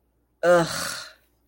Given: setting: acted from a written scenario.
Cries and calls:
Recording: vocal sound without words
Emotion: disgust

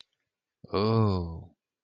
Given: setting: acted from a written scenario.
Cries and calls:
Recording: vocal sound without words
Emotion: serenity

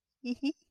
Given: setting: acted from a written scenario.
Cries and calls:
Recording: vocal sound without words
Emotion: sadness

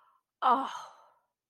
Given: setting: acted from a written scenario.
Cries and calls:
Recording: vocal sound without words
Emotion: relief

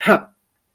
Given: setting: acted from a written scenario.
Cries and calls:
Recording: vocal sound without words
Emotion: fear

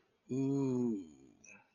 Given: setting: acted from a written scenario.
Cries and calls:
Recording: vocal sound without words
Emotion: awe

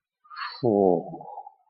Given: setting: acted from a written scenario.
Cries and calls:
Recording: vocal sound without words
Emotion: ecstasy

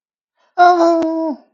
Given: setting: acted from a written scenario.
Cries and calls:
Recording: vocal sound without words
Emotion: distress

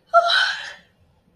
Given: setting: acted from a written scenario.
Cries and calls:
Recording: vocal sound without words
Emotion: elation

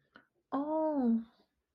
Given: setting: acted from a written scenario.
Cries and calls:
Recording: vocal sound without words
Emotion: amusement

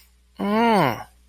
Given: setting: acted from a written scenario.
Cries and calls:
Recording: vocal sound without words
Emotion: confusion

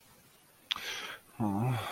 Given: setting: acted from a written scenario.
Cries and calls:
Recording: vocal sound without words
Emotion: guilt

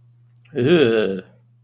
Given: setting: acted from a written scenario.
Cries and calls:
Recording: vocal sound without words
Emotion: disgust

